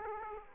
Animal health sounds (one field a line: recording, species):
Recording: mosquito wingbeat signal from an infrared sensor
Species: Aedes aegypti